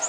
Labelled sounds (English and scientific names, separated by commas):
Orange-crowned Warbler (Leiothlypis celata) flight call